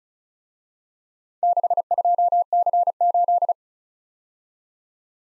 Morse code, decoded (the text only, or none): 62C8